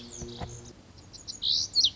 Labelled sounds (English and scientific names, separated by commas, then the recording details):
Lazuli Bunting (Passerina amoena)
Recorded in Sonoma County, California